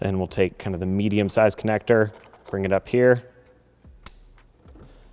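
A medium-sized plastic wiring connector is plugged into the headlight housing socket on the back of an Alpharex Nova Series LED headlight during an install on a 2021-2023 F-150. Someone talks, then a sharp click at 4.1 seconds is followed by a fainter sound at 4.4 seconds. The connector is seated.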